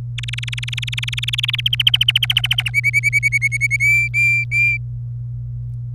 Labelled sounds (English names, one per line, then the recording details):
Domestic Canary song
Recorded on 27 April 2018 at 10:28
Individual llb3